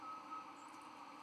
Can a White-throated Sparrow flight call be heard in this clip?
no